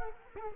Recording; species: mosquito wingbeat signal from an infrared sensor; Culex quinquefasciatus